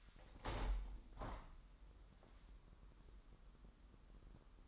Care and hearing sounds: daily activity, microphone in the room; open window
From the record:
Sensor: 3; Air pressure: 998.5 hPa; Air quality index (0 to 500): 145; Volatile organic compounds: 5 ppm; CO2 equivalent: 1747 ppm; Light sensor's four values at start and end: 10/23/10/10 and 10/24/10/11

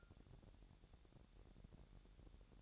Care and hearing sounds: daily activity, microphone in the room; take from stove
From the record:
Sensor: 3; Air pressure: 1012.0 hPa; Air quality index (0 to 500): 202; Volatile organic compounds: 3 ppm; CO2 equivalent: 1515 ppm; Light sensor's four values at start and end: 110/260/107/94 and 110/260/107/94

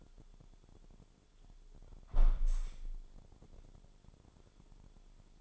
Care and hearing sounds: daily activity, microphone in the room; close window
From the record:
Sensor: 5

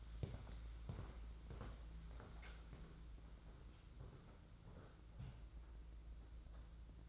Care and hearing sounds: daily activity, microphone in the room; walk to room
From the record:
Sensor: 3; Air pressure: 992.0 hPa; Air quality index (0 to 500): 228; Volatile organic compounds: 1000 ppm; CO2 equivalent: 7839 ppm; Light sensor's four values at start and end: 20/58/24/20 and 25/75/31/26

